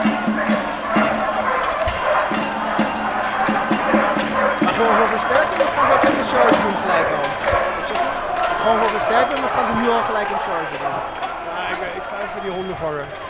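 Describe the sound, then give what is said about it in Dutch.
Dogs being set on protesters bark in sharp, repeated bursts during a university occupation at Roeterseiland, amid a loud, steady din of the crowd, with people shouting and talking over the barking throughout. “Ik ga even die honden vangen, zeg ik heel optimistisch tegen deze uitgesproken meneer die er ook niks van begrijpt.”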